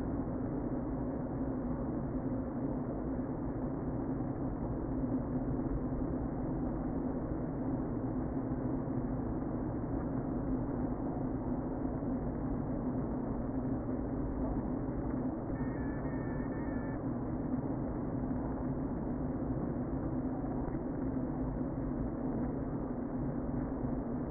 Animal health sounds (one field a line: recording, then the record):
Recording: honeybee colony, microphone inside the hive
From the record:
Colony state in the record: queen present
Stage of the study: before two queens were removed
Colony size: about 60,000 bees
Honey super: yes